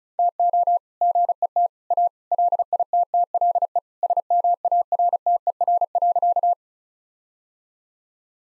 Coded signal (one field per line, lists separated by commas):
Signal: Morse code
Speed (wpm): 34 wpm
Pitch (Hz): 700 Hz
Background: none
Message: TO GET A LITTLE SMARTER.